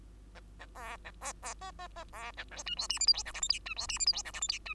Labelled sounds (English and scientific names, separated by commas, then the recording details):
Bengalese Finch (Lonchura striata domestica) song
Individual Bird2